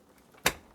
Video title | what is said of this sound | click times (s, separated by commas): be Quiet! Dark Base 701 PC Build & Fundamental Tips Guide | hear that click | 0.5 s